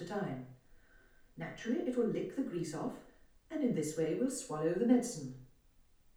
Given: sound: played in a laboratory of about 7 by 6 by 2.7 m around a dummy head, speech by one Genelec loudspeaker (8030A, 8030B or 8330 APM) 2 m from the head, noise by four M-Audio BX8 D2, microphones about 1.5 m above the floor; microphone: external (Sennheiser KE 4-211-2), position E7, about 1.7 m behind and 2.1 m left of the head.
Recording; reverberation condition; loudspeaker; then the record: female speech in English; medium; 90 degrees to the right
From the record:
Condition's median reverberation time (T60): about 510 ms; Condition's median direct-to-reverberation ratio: about -0.5 dB